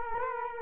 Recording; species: mosquito wingbeat signal from an infrared sensor; Culex quinquefasciatus